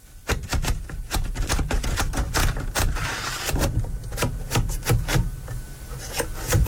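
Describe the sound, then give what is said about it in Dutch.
An old mechanical typewriter clacks away in quick, uneven bursts, each key strike a sharp, bright snap over a low mechanical rumble, with no voices. “Ja, dat is het geluid uit mijn jeugd. Een typemachine.”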